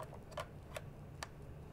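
A microphone XLR cable connector is pushed into the input two jack on the side of a video camera (camcorder audio input) until its latch clicks. A few faint ticks come first, and a sharp click at 1.2 seconds marks the connector seating. No one talks.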